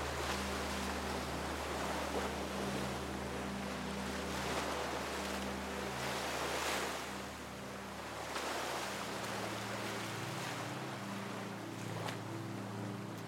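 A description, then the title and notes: Ocean surf roars steadily, a dense hiss that swells every few seconds with breaking waves, the strongest surges near 7 and 12 seconds. Beneath it, low sustained tones hum continuously, shifting pitch slightly past the midpoint. Sound of the OCEAN and Soothing MELODY for RELAXATION.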